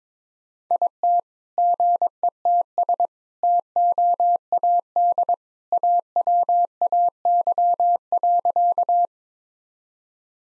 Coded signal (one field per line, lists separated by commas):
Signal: Morse code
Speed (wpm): 22 wpm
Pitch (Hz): 700 Hz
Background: none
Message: IT GETS TOAD AWAY.